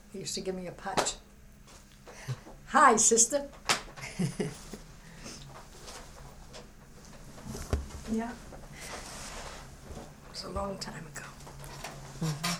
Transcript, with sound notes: he used to give me a pat, "Hi, sister." ( they laugh ) Yeah. It was a long time ago.